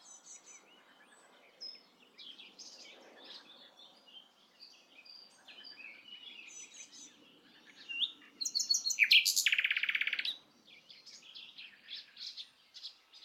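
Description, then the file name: Common nightingale singing soft scattered notes, broken after the middle by a loud rapid buzzy trill lasting about two seconds. "Luscinia megarhynchos"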